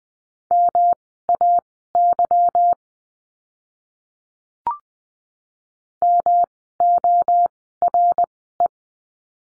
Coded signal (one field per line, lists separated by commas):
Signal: Morse code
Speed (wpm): 20 wpm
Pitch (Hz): 700 Hz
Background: none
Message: MAY MORE